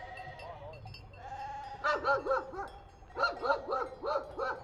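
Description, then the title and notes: Sheep bleats, a smooth call followed by two bursts of fast, stuttering tremolo bleats, with fainter flock sounds behind. Large flock with lambs, prepared at Vilminore, Valle di Scalve, for transhumance to the Mantua plain; moved between pens and loaded onto trucks; 5 September 2009. "Transumanza a Vilminore. Transumanza, Vilminore 5 settembre 2009 Un grosso gregge viene preparato per essere trasferito dalla Valle di Scalve alla pianura Mantovana"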